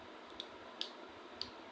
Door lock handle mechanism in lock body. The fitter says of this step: அவ்வளோதான், ஒரு click sound வரும், முடிஞ்சு.